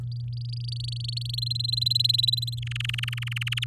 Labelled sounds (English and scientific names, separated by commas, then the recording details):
Domestic Canary (Serinus canaria) song
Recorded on 8 May 2018 at 14:59
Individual llb16